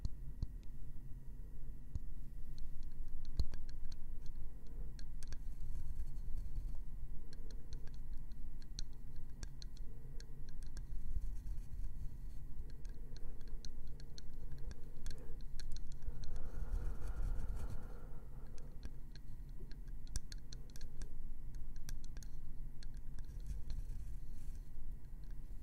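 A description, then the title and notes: Gentle tapping and scratching on wood, light clicks scattered irregularly over a steady low rumble, with a brief brighter scrape near seventeen seconds. ASMR gentle Wood Triggers - tapping & scratching.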